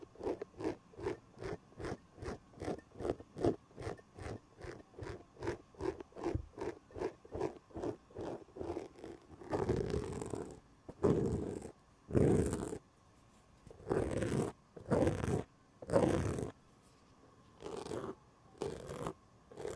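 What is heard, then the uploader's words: Rapid, regular scratching taps on a foam-covered mic give way after nine seconds to slower, louder rubbing bursts, each roughly a second long. Sounds like: having your shaved head rubbed in a circle, tracing a kneecap under leggings, scratching the elbow pad of an old sweater. ASMR pens and implements // mic touching // foam cover.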